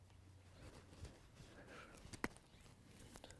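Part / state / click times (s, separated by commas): drip tape lock fitting into poly mainline tubing / seated / 2.2 s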